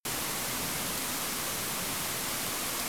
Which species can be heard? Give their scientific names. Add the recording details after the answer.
none. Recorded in France